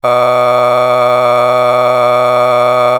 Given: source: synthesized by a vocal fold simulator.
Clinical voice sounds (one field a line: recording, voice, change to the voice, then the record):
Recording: sustained vowel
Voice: male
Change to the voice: a random mix of aspiration noise, stiffness perturbation and strain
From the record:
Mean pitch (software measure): 123 Hz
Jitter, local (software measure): 1.34%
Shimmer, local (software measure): 7.8%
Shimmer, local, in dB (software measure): 0.69 dB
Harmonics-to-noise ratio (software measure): 13.3 dB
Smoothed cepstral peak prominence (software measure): 17.2 dB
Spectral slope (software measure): -14.1 dB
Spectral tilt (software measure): -9.8 dB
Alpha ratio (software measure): -4.6 dB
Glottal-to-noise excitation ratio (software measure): 0.952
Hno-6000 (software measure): 1.9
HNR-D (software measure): 27.3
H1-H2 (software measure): 1.4 dB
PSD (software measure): 1.2e-04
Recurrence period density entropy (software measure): 0.117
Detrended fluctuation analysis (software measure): 0.0312